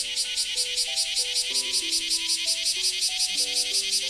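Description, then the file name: Cicada giving a rhythmic, high, grating buzz pulsed a few times each second, accompanied by a quiet tune of sustained low notes. A single cicada. "セミ-単体"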